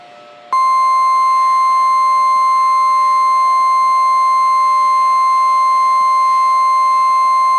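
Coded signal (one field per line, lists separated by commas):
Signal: Emergency Alert System (SAME) tones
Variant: 1050 Hz attention tone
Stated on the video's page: Mock Emergency Alert System tornado alert; a simulated scenario, not a real broadcast.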